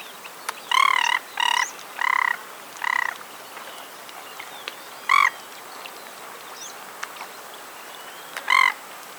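Jacana calling with harsh, nasal, buzzy bursts, four in quick succession near the start and two more spaced later.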